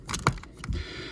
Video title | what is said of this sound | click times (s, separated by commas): Maytag won't drain - FIXED! | I heard it click into place. | 0.3 s